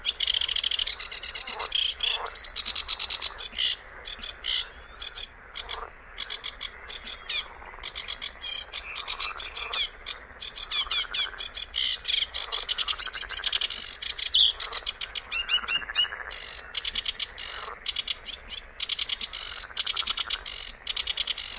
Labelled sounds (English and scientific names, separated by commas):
Sedge Warbler (Acrocephalus schoenobaenus) song